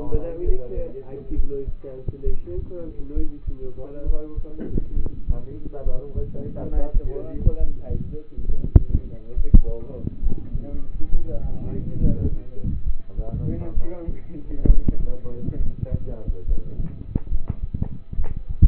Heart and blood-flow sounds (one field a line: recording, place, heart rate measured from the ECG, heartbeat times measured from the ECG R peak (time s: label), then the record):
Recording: heart sounds by stethoscope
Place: between the tricuspid and mitral areas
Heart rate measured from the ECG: 68 bpm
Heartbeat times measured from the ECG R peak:
0.43 s: heartbeat
1.33 s: heartbeat
2.24 s: heartbeat
3.14 s: heartbeat
4.04 s: heartbeat
4.94 s: heartbeat
5.83 s: heartbeat
6.71 s: heartbeat
7.57 s: heartbeat
8.46 s: heartbeat
9.34 s: heartbeat
10.20 s: heartbeat
11.10 s: heartbeat
11.98 s: heartbeat
12.84 s: heartbeat
13.74 s: heartbeat
14.66 s: heartbeat
15.57 s: heartbeat
16.45 s: heartbeat
17.29 s: heartbeat
18.16 s: heartbeat
From the record:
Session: rest, lying down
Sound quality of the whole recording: partially saturated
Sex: male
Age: 27 years